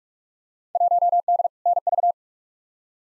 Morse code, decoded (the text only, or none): 1D NV